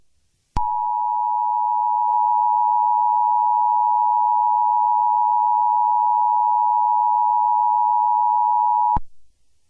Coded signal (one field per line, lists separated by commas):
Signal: Emergency Alert System (SAME) tones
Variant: 853 and 960 Hz attention tone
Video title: An Special EAS Scenario: Sarah The Killer